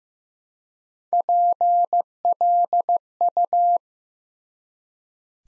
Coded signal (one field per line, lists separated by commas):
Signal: Morse code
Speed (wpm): 15 wpm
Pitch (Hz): 700 Hz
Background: none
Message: PLU